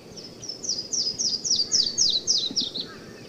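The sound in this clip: Yellow-throated warbler song, a rapid run of about ten high, ringing down-slurred notes ending abruptly, over a low background hiss.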